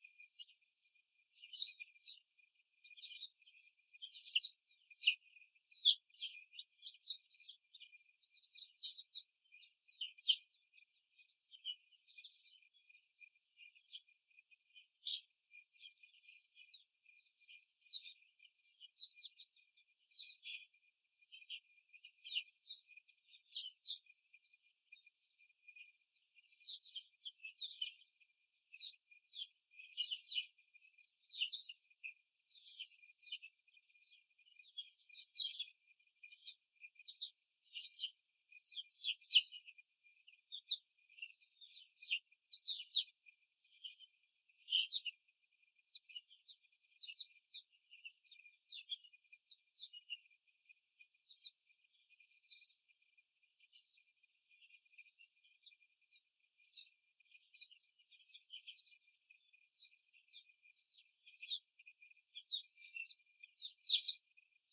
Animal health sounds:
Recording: young laying hens in a cage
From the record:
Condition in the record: before the stressor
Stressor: simulated dog barking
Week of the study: 3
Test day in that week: 1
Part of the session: 4

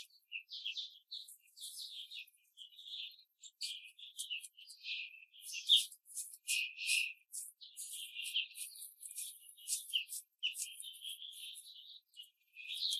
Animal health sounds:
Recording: young laying hens in a cage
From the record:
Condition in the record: control cage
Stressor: none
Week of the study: 5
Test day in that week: 1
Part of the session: 2

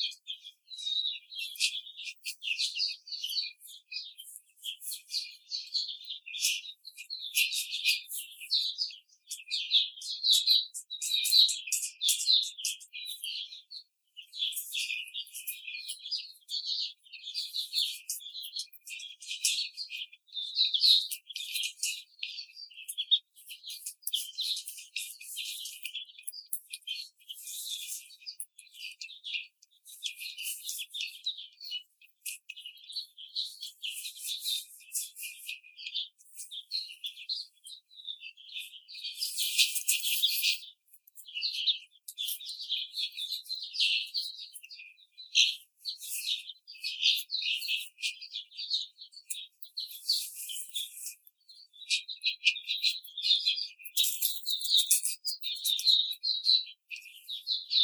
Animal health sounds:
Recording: young laying hens in a cage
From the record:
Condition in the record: treatment cage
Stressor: simulated dog barking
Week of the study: 5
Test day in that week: 1

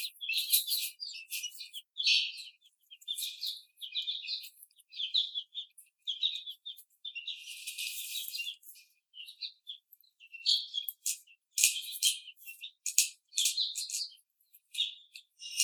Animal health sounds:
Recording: young laying hens in a cage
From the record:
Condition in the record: after the stressor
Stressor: simulated dog barking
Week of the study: 4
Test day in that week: 2

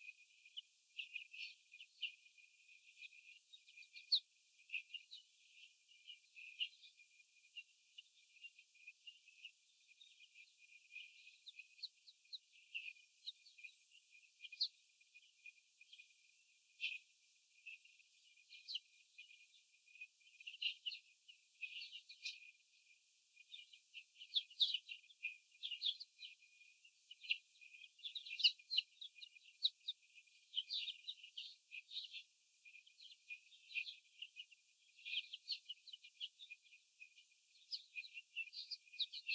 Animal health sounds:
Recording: young laying hens in a cage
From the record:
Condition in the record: after the stressor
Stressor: sudden umbrella opening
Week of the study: 3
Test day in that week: 2

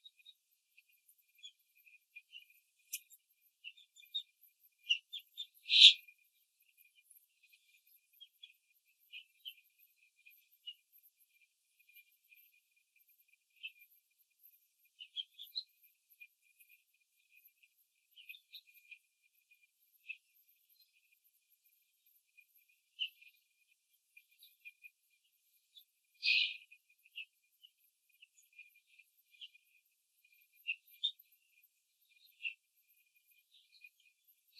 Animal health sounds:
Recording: young laying hens in a cage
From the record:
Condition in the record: control cage, after the stress test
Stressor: none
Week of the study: 4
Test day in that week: 3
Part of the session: 3

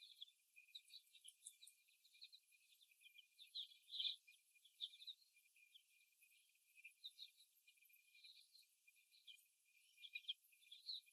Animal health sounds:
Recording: young laying hens in a cage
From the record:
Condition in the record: before the stressor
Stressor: simulated dog barking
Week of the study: 1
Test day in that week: 1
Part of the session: 1

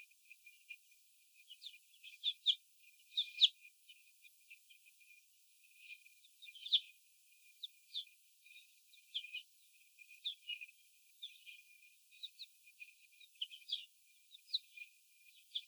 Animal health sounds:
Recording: young laying hens in a cage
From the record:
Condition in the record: before the stressor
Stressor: sudden umbrella opening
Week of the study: 2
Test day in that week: 1

